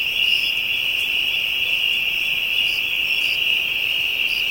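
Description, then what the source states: Insects in full chorus: a persistent shrill whine plus occasional short higher chirps scattered across it. Ambient insect chorus from Africa.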